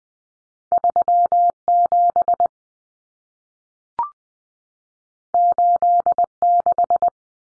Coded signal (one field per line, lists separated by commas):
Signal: Morse code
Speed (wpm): 20 wpm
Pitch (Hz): 700 Hz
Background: none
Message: 37 86